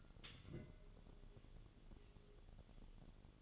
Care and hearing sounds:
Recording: daily activity, microphone in the room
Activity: take from stove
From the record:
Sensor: 4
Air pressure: 1008.9 hPa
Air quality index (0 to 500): 138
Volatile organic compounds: 2 ppm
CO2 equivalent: 999 ppm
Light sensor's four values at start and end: 11/25/10/9 and 11/25/10/9

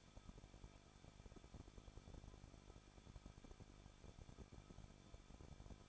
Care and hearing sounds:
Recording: daily activity, microphone in the room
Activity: no activity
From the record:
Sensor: 5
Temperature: 20.8 degrees Celsius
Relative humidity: 38.6%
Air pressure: 1006.5 hPa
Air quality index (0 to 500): 191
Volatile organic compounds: 20 ppm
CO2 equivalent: 2704 ppm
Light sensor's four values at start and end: 2/3/1/1 and 2/3/1/1

